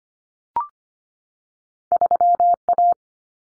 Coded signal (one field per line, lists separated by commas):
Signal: Morse code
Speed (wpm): 25 wpm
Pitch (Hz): 700 Hz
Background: none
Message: 3A